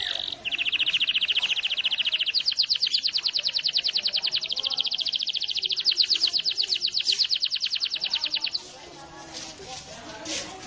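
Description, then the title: White-eye song: a long, rapid, high trill of fast repeated notes, stepping slightly higher after two seconds and running about eight seconds before stopping, with faint background noise. Song in the ngerol and ngalas styles. "Suara Burung Pleci Ngerol Ngalas"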